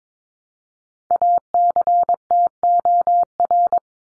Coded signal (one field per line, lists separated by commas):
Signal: Morse code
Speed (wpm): 22 wpm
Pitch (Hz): 700 Hz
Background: none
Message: ACTOR